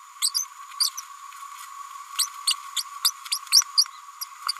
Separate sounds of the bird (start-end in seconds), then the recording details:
0.21-0.32, 0.34-0.46, 0.80-0.90, 0.97-1.01, 2.47-2.54, 2.76-2.84, 3.04-3.11, 3.31-3.38, 3.51-3.62, 3.77-3.85, 4.48-4.52. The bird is a female. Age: 32 days. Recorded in a nest box in Venezuela. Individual 17B102A5